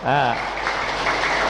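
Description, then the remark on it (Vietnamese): At a course-completion flag ceremony, an audience breaks into steady, dense applause, a loud crackling wash of many hands clapping that follows a brief voice at the start and continues through the rest of the moment. “Yêu cầu cho một tràng pháo tay.”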